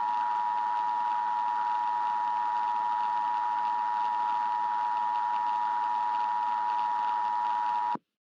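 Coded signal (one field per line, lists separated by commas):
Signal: Emergency Alert System (SAME) tones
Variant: 853 and 960 Hz attention tone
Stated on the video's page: Fictional EAS scenario alert about a hot Jupiter approaching Earth.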